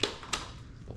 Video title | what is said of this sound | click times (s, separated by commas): 1985-92 Firebird Double DIN Radio Install | it will install just like the original came off with four Clips will pop into place and | 0.0 s, 0.3 s